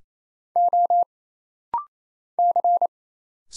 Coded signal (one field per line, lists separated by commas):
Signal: Morse code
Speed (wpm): 27 wpm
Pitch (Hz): 700 Hz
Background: none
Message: O C